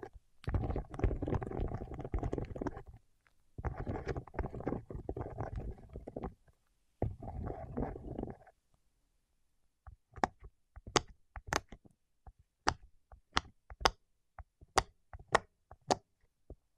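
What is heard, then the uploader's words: Fingertips on wax make three dense, low scraping rubs in the first eight seconds, then give way to sharp, bright taps roughly twice a second. ASMR with Wax Fingertips for Sleep (No Talking).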